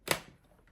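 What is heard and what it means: A plastic stair tool is clipped onto the side of the accessory holder on the wand of a Dyson Ball Animal 3 Extra vacuum cleaner. A sharp, bright click sounds at 0.1 s and fades within about a quarter second, followed by a faint tick near 0.7 s. The stair tool is seated, and the vacuum is fully assembled.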